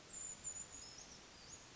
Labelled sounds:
Brown Creeper
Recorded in Sonoma County, California

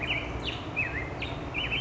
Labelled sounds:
Black-headed Grosbeak
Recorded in Sonoma County, California

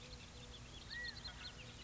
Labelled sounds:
California Quail
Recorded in Sonoma County, California

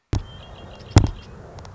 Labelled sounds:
Red-winged Blackbird
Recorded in Sonoma County, California

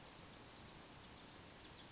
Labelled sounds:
California Towhee
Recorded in Sonoma County, California

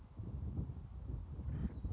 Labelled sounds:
Acorn Woodpecker
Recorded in Sonoma County, California

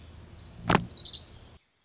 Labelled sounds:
Orange-crowned Warbler
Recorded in Sonoma County, California

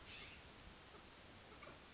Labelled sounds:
California Scrub-Jay
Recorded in Sonoma County, California

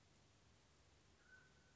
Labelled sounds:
Mountain Quail
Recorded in Sonoma County, California

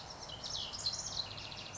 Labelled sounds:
House Wren
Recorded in Sonoma County, California

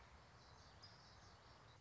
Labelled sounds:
Common Yellowthroat
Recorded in Sonoma County, California

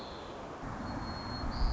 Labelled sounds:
White-crowned Sparrow
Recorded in Sonoma County, California

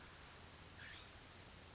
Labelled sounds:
California Scrub-Jay
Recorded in Sonoma County, California

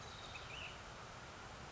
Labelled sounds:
Ash-throated Flycatcher
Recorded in Sonoma County, California

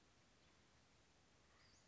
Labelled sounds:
Western Flycatcher
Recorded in Sonoma County, California

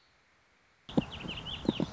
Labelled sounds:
Warbling Vireo
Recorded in Sonoma County, California

